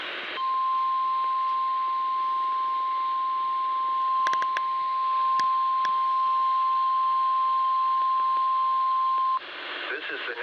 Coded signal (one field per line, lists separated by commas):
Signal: Emergency Alert System (SAME) tones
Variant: 1050 Hz attention tone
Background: speech